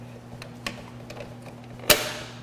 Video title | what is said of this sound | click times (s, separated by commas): 2019+ RAM 1500 - Factory OEM Wireless Charger Upgrade Installation Guide - Infotainment.com | just push it right into place it'll lock into place | 1.9 s